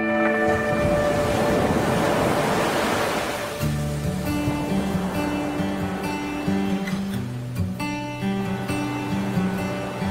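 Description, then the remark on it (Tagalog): Sea surf at a beach at sunset: a broad, hissing rush of surf swells for a few seconds and then recedes as steady, melodic music with held tones takes over, with no one speaking. “Ngayon na nga lang ulit ako nakapag-swimming sa dagat eh.”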